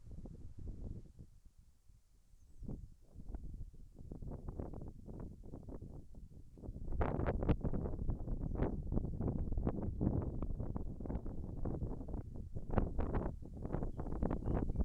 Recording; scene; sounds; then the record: everyday scene through a hearing-aid microphone; wind on the microphone; wind, birds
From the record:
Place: in front of a rural house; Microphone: behind the ear, left, front